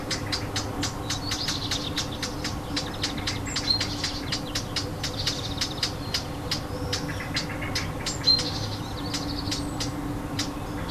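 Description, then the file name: Warbler alarm calls: sharp dry ticking clicks, repeated rapidly and steadily throughout, with soft buzzy chatter in between over a low steady hum. Alarm call; recorded 25 June 2014 with an MZ-N710 recorder. "Fauvette cri d alarme 25 06 14"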